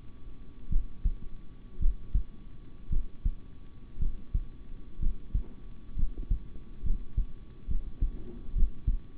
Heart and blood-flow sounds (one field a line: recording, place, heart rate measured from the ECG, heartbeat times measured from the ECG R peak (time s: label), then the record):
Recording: heart sounds by stethoscope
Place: between the tricuspid and mitral areas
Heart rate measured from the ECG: 61 bpm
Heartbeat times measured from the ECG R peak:
0.69 s: heartbeat
1.79 s: heartbeat
2.89 s: heartbeat
3.98 s: heartbeat
4.99 s: heartbeat
5.95 s: heartbeat
6.83 s: heartbeat
7.67 s: heartbeat
8.54 s: heartbeat
From the record:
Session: rest, sitting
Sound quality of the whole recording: good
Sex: male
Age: 26 years